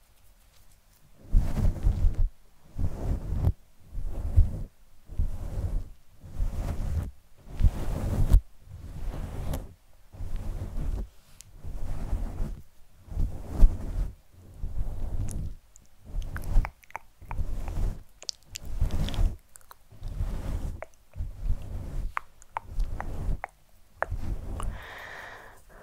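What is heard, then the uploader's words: Soft, muffled brushing strokes on a fluffy microphone cover repeat in a steady rhythm, roughly one per second, each a deep rumbling swell. After the midpoint small, brighter scratches and crackles appear between strokes, with a faint rustle near the end. SoftGentle Fluffy Mic Touching, Scratching, Plucking.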